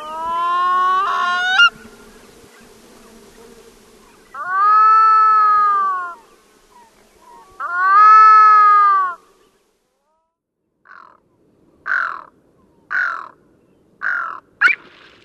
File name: Pacific Loon